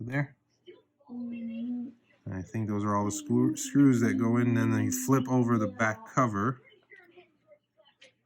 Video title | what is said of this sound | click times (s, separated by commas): Nintendo Switch controller drift repair fix - replace part | and you'll hear it click lightly | 8.0 s